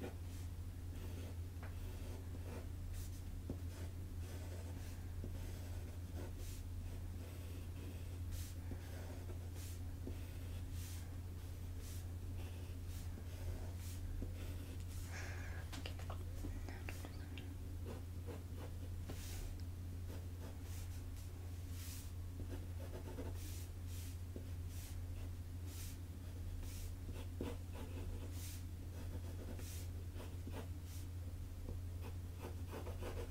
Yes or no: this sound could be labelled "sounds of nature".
no